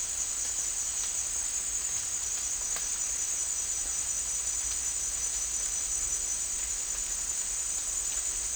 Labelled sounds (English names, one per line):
none